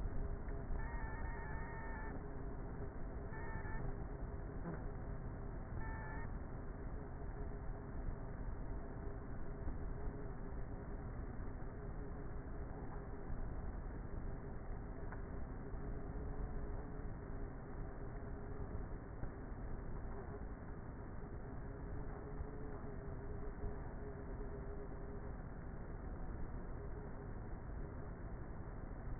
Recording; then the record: honeybee colony, microphone inside the hive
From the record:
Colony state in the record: queenless with a low population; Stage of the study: before two queens were removed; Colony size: about 30,000 bees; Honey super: no